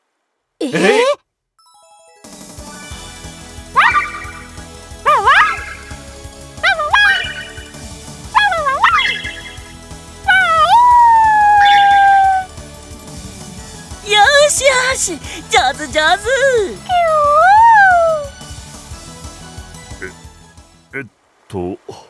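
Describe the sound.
A puppy lets out a run of high, sharp yips and barks, then drawn-out wavering howls that rise and fall in pitch, after a brief spoken phrase at the start. The puppy performs a trick called the 'puppy 5-chain' in a Puyo Puyo drama CD.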